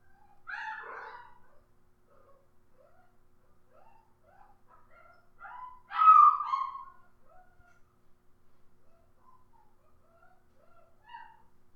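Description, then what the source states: Dog whimpering with soft, scattered whines, a high yelp near the start and a louder yelping cry around the middle. More than one dog, barking and whimpering.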